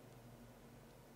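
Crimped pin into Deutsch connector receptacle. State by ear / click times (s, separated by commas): not seated / none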